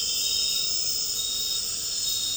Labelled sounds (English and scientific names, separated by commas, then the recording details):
none
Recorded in dense forest near Puerto Asís, Putumayo, Colombia, on 9 March 2025 at 21:00
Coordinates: 0.467, -76.328
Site G041